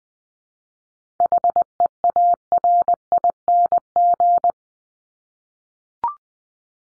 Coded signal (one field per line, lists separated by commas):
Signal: Morse code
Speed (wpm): 20 wpm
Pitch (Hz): 700 Hz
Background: none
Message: HEARING